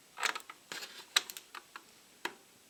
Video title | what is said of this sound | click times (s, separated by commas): Reparatur eines Bosch Readdy Series 2 Akku-Staubsaugers | Turn the screw a little counterclockwise and you'll hear a click when the screw finds its thread | 1.2 s